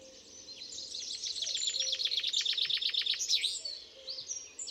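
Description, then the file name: Common chaffinch song: a rapid run of sharp repeated notes, ending in a brief flourish, with other birds twittering faintly around it. "Fringilla coelebs"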